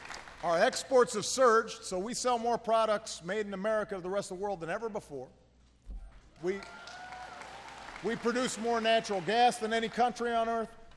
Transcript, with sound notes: Our exports have surged, so we sell more products made in America to the rest of the world than ever before. (Applause.) We produce more natural gas than any country on Earth.